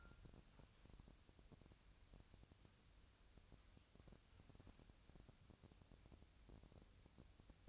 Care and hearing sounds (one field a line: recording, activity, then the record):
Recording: daily activity, microphone in the room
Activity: wipe stove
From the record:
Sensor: 2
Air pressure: 1003.2 hPa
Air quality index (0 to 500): 205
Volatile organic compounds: 7 ppm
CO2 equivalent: 1948 ppm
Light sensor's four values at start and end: 8/19/8/9 and 8/19/8/9